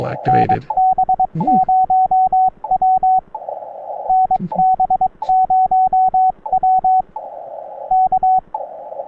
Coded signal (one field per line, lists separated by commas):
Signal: Morse code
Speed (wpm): 22 wpm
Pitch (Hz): 750 Hz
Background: speech, radio noise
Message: NB0W NB0W K